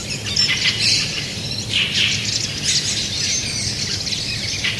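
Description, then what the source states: Fieldfare chatter, harsh rattling calls from several birds overlapping in bursts, mixed with thinner chirps and a low background hum. Fieldfare colony.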